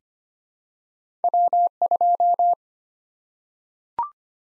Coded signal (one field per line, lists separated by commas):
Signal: Morse code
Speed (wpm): 25 wpm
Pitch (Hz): 700 Hz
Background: none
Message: W2